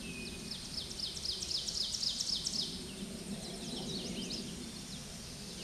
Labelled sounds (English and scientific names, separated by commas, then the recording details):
Ovenbird (Seiurus aurocapilla) song
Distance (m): 55 m
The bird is about 10 m above the microphone
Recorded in a Pennsylvania forest on 16 May 2024 at 09:47
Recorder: AudioMoth, point MSD-2304
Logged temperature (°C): 16.0 °C
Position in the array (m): 264 m, 154 m